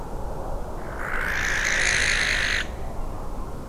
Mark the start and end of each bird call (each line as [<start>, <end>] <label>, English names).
[0.74, 2.69] Western Barn Owl